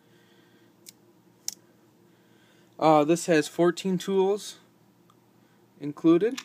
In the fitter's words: oh they also lock into place